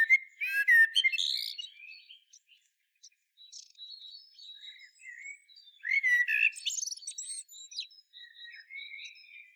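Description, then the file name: Common blackbird song: a fluty warbled phrase, a pause with faint high chirping, then a second phrase with squeaky high notes. "Turdus merula"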